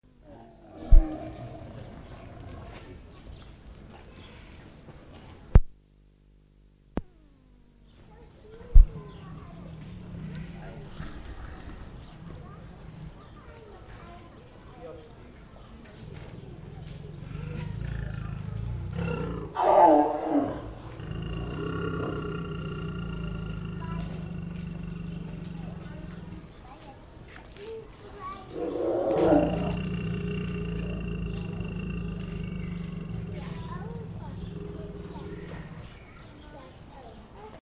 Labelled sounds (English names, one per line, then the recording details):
Lion call
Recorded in captivity
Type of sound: call
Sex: pair
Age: adult
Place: Zoo Leipzig, Sachsen, DE
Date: 1959-09-18 12:55
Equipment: Reporter (Vollspur)
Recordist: TSA
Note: Paarungslaute. Abstand 6 m. Aufnahmezeit: 12.55-14.00 Uhr